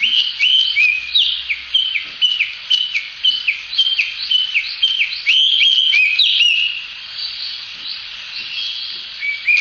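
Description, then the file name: Chinese hwamei singing bright, repeated whistled phrases, each note dropping sharply, delivered in a quick series. Recorded on 1 May 2014. "ガビチョウ 遠藤"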